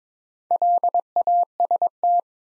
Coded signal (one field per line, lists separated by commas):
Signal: Morse code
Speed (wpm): 22 wpm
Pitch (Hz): 700 Hz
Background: none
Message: LAST